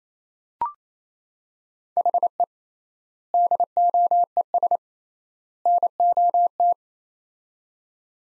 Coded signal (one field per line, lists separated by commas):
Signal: Morse code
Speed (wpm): 28 wpm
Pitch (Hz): 700 Hz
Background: none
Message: HE DOES NOT